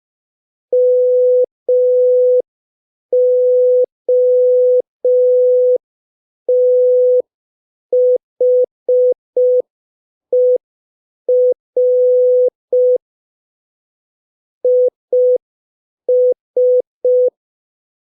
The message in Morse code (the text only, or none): MOTHER IS